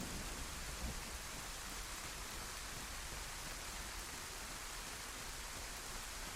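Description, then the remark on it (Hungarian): Steady, unbroken hiss of heavy rain in a thunderstorm with lightning, dense and even throughout, with a faint low rumble underneath and no voices. “Szerencsétlen Rózinál azért benne van a pakliban, hogy meg fog fázni ennyi eső után. Ott a háttérben már felsejlenek az épületek, meg is világította a villám.”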